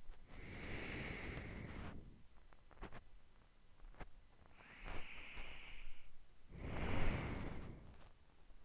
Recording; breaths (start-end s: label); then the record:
nose breathing near a microphone
0.14-2.04 s: exhalation
4.43-6.50 s: inhalation
6.50-7.92 s: exhalation
From the record:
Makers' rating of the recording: medium